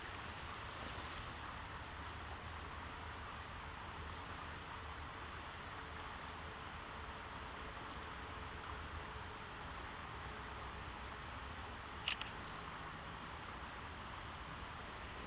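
On a walk in Michaux State Forest, a steady low rumble like distant road traffic fills the whole stretch, dense and unchanging. A few faint high chirps come and go, and a sharp brief click stands out near twelve seconds.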